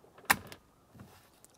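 A driver airbag module for a 2000-2006 Chevrolet Tahoe is aligned on its studs with the holes in the steering wheel and pressed in. It seats with one sharp, strong click at 0.3 s, followed by a faint tick around 0.5 s and another near 1.5 s. The module is secured in place, though it still wobbles slightly because it is also part of the horn switch.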